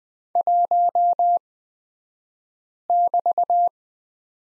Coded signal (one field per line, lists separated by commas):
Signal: Morse code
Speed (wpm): 20 wpm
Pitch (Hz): 700 Hz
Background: none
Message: 1<BT>